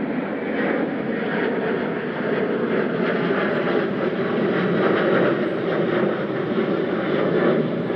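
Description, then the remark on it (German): A departing airplane climbs overhead with a loud, steady jet-engine roar: a dense, rushing rumble that holds constant for the whole stretch, with no voices over it. “mit einem Flugzeug über mich wegzusteigen. Landeflugzeuge sind leiser.”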